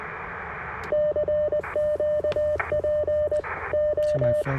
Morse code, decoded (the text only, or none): CQ PO